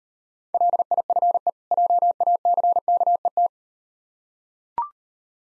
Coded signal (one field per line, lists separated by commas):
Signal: Morse code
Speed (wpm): 40 wpm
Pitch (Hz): 700 Hz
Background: none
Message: LIFE JACKET